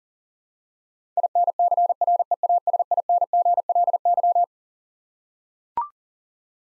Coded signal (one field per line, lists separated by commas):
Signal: Morse code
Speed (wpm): 40 wpm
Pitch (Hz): 700 Hz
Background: none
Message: INCREASINGLY